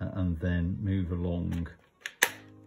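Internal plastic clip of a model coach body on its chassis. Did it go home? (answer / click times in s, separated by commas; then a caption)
released / 2.2 s. Someone talks while a shim is slid along between the plastic body and the chassis of a model coach to free an internal plastic clip. After a softer tick at 2.1 s, the clip snaps out with a sharp click at 2.2 s, releasing it from the chassis.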